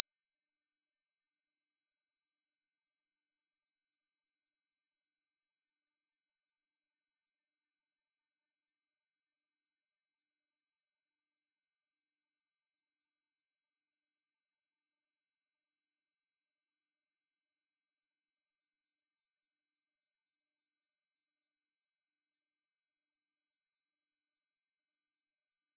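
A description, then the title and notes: A pure sine tone at 5700 Hz sounds for the whole clip as a single thin, bright whistle. It holds perfectly steady in pitch and loudness from start to finish, with no breaks, no other sounds and a silent background. 5700 Hz 1 Hz Interval Sine Pure Tone Frequency 441000 Sample Mono.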